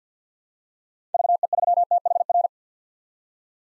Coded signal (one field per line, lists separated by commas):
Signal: Morse code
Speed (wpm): 50 wpm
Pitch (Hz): 700 Hz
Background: none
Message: VE3THR